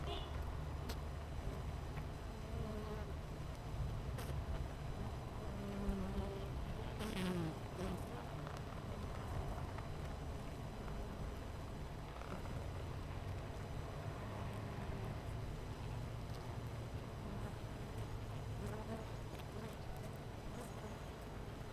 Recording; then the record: honeybee colony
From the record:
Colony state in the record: missing queen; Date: 14 July 2017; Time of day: 10:40